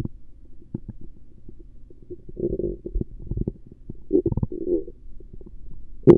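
Low gurgling rumbles and bubbly clicks come in irregular bursts over about six seconds, with quiet gaps between them. These are active bowel sounds, the stomach rumbling and gurgling of gas and fluid moving through the gut.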